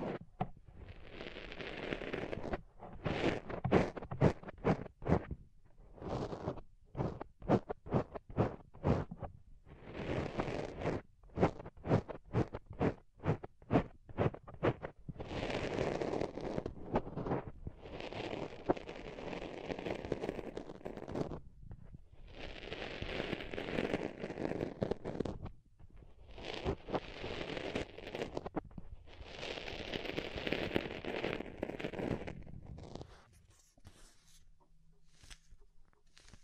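Soft, fluffy ear triggers: for the first fifteen seconds, quick regular brushing strokes tap out a steady rhythm. After that the strokes turn into longer, fuller rubbing swells separated by short gaps. Near the end it drops to near silence with a faint low hum.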